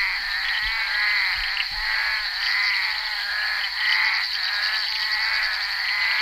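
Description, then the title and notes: Bullfrog chorus with repeated rattling croaks, a few low thumps early on, and a steady high drone. Recorded on the set of the film Bal poussière by Henri Duparc, February 1988. "crapaux buffle. enregistré sur le tournage Bal poussière dhenri duparc en février 1988"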